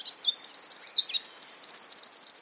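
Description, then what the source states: Forest Double-collared Sunbird singing a rapid, high jumble of sharp chirps and twittering notes that jump up and down in pitch. Mountains of eastern Africa; two populations separated at least 500,000 years ago sing nearly identical songs, probably very similar to their ancestors'; a stable song helps recognise own species.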